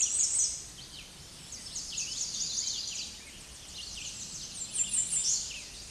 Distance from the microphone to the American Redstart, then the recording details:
about 15 m. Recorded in a Pennsylvania forest on 16 May 2024 at 06:53. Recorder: AudioMoth, point MSD-2112. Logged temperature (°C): 16.3 °C. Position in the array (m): 49 m, 226 m